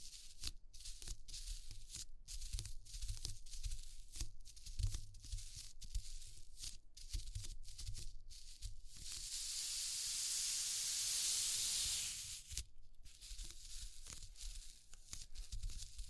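A run of textured sounds: short crackling, scratchy bursts come in rapid, uneven succession, each with a dull low thump underneath. From about nine to twelve seconds a steady bright hiss, like escaping steam, takes over before the irregular scratching returns.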